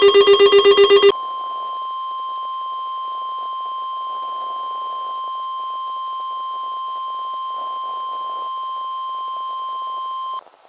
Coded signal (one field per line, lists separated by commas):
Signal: Emergency Alert System (SAME) tones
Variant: 1050 Hz attention tone